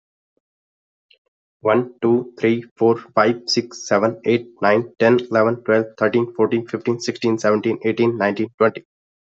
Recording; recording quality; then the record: counting at a fast pace; excellent, no background noise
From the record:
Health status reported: healthy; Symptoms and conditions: none ticked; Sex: male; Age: 20 years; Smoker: not ticked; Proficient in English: yes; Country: India